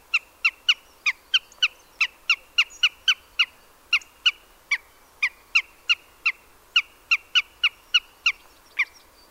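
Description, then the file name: Eurasian jay calls: a long, fast run of sharp, dry clicking notes repeated almost continuously for about nine seconds, ending with a brief fuller note. "Garrulus glandarius"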